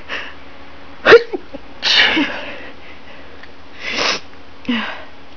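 A stifled sneeze from an adult.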